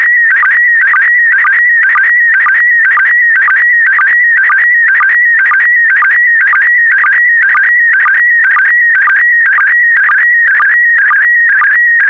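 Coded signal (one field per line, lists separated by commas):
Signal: SSTV (slow-scan television)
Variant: PD120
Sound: steady warbling whistle tone with short low blips repeating about twice per second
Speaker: complete. You can now check your decoded image against the picture that is shown on the video.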